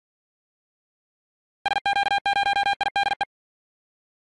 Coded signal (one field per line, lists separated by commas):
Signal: Morse code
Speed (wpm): 48 wpm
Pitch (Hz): 800 Hz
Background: none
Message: SQ0IDE